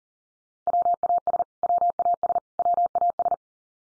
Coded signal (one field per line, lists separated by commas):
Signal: Morse code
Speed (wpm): 40 wpm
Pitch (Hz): 700 Hz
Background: none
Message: WAS WAS WAS